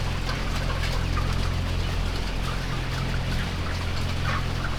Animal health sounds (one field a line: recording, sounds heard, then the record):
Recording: poultry house recording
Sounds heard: healthy chickens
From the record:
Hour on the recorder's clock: 16